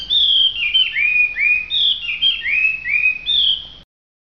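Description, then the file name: Hwamei song of loud, rich whistles repeated in a flowing sequence. Singing in a lively, vigorous style called gacor. "audio hwamei gacor. omkicau"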